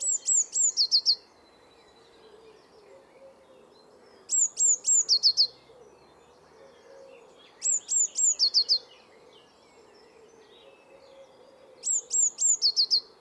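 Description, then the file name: Eurasian blue tit phrases: two or three very high thin notes followed by a quick trill of lower notes, repeated every few seconds over a low steady hum. "Cyanistes caeruleus"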